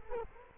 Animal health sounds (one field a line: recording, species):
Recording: mosquito wingbeat signal from an infrared sensor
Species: Culex quinquefasciatus